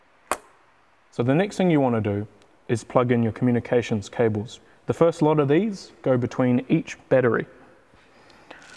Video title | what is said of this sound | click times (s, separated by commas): Installing Growatt Hybrid Inverters in Parallel - Parallel ARK Lithium Batteries With Battery Hub | to push them in all the way until you hear a click. | 0.3 s